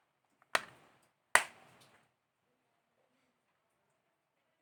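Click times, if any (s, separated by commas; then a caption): 0.6 s, 1.4 s. A plastic battery cover is pressed back onto a CACAZI A10 wireless doorbell push-button housing, notched side at the bottom, and pressed around its edge. Two sharp snaps ring out at 0.6 s and 1.4 s, each with a brief decaying tail, and then it is quiet. The cover is seated and snapped shut.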